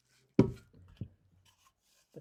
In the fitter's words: toow drops over it and locks into place the same way